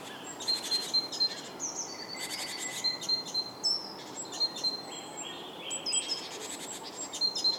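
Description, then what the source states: Several birds singing together: thin high whistled notes, quick chirps and brief trills repeat over a soft, constant background hiss. Soundscape.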